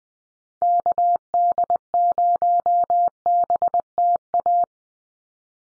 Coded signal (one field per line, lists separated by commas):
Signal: Morse code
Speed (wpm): 20 wpm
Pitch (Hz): 700 Hz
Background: none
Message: KD0BTA